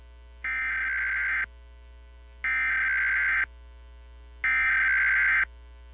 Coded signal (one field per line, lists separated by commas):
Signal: Emergency Alert System (SAME) tones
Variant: header bursts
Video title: EAS National Periodic Test from US Territory of Guam (National Test)